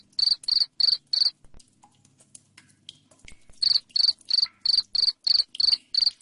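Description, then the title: Cricket giving bright, raspy chirps at about three a second, falling silent for roughly two seconds, then resuming the same steady rhythm. Loud cricket chirping (jangkrik ngerik), used to make lovebirds sing ngekek continuously. "Suara JANGKRIK NGERIK Keras Bikin LOVEBIRD Jadi NGEKEK Terus Vubey"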